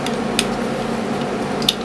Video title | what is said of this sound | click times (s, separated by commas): Tokyo Marui SIG P226 Full Disassembly and Assembly | and make sure you hear it click okay that click is the sound of the pin | 1.7 s